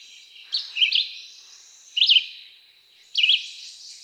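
Red-eyed Vireo giving three brief warbled phrases about a second apart, each a quick up-and-down slur, against a continuous high background hiss.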